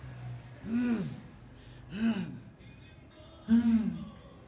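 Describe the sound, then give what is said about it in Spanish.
A man portraying Jesus being nailed to the cross groans and pants through clenched teeth, three strained, low, breathy bursts about a second and a half apart, each swelling and fading, with hissing breath between them. “Los dientes apretados. El jadeo.”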